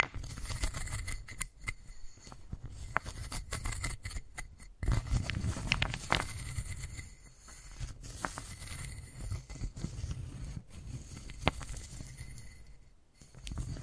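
Wooden balls are tapped, clicked and rolled in an irregular stream of short, sharp knocks, with brief pauses near 1.5, 4.5 and 13 seconds. Some passages sound scratchy and scraping. A steady low rumble runs underneath throughout.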